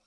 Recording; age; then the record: pig call; piglet (1 to 25 days)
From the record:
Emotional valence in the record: positive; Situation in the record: reunion after long isolation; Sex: female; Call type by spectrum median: high-frequency call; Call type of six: low-frequency tonal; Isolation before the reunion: 8 minutes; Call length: 0.07 s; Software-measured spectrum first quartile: 811 Hz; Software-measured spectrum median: 3014 Hz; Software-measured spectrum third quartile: 6335 Hz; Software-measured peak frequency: 32 Hz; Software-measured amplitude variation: 2 dB a second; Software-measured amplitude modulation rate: 6.9 a second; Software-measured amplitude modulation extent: 0.3 dB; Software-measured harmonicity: 0.2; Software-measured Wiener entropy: -0.94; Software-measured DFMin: 794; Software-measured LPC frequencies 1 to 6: 648, 1329, 2527, 3941, 4800, 5498 Hz